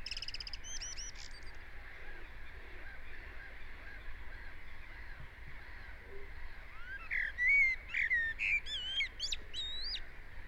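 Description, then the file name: Common blackbird song: mellow whistled notes late followed by high thin twittering, with a brief squeaky burst at the start and steady background hiss. "Turdus merula"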